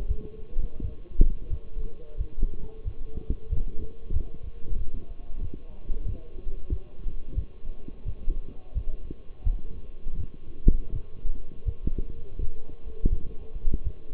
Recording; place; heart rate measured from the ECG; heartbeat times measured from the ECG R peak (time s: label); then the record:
heart sounds by stethoscope; between the tricuspid and mitral areas; 87 bpm
0.08 s: heartbeat
0.80 s: heartbeat
1.49 s: heartbeat
2.17 s: heartbeat
2.84 s: heartbeat
3.49 s: heartbeat
4.13 s: heartbeat
4.78 s: heartbeat
5.41 s: heartbeat
6.05 s: heartbeat
6.69 s: heartbeat
7.35 s: heartbeat
8.04 s: heartbeat
8.74 s: heartbeat
9.44 s: heartbeat
10.16 s: heartbeat
10.91 s: heartbeat
11.65 s: heartbeat
12.38 s: heartbeat
13.10 s: heartbeat
13.83 s: heartbeat
From the record:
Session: walking at 3.7 km/h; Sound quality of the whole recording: partially saturated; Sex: male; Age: 24 years